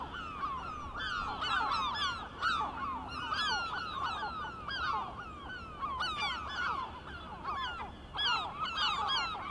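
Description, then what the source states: Gull flock calling constantly, dense overlapping harsh downslurred cries, several birds at once with no pause. Several gulls, recorded 23 May 2004.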